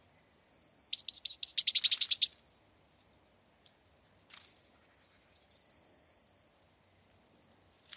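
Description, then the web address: Eurasian blue tit calling, with a rapid buzzy churr early on, then a run of thin, very high, slightly falling notes repeated in quick series. "cianscape birddata Deverinetal 2025 File origin Bird Only Cy Ca"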